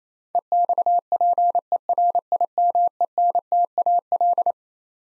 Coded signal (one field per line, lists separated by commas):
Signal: Morse code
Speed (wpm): 28 wpm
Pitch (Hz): 700 Hz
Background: none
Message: EXPERIMENTAL